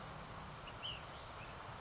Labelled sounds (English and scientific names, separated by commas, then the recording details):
Ash-throated Flycatcher (Myiarchus cinerascens)
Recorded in Sonoma County, California